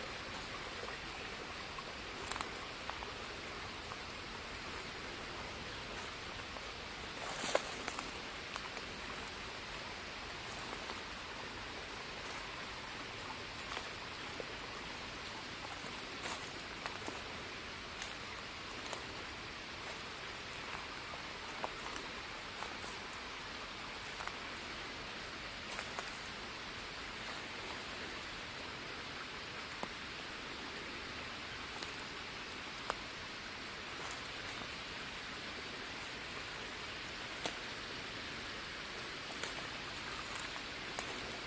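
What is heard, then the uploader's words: An autumn nature walk, filled with a steady, even hiss like light rain. Sharp ticks and taps land irregularly every second or so, with a louder crack around seven seconds. The texture stays much the same throughout, without a clear low rumble. Nature Walkabout in Fall.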